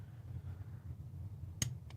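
A small click-type torque wrench with a quarter inch socket, set to its lowest setting of 20 inch pounds, is turned by hand over a low hum. It breaks over with one sharp click at 1.6 s, followed by a fainter tick at 1.9 s, confirming the wrench clicks at its setting.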